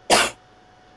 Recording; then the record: coughing mixed with background sound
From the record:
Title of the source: 61 morning phlegmy cough...again